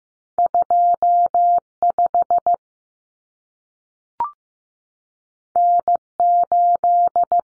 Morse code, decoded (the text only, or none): 25 N8